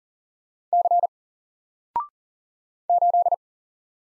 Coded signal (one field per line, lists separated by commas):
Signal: Morse code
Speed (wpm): 42 wpm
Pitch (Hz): 700 Hz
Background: none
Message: C 8